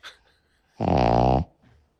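A single loud, low, buzzing snore lasts about two-thirds of a second, with a steady rattling pitch, then gives way to quiet room sound. It is a very loud snore from a dog named Obi-Wan, sleeping right beside the microphone.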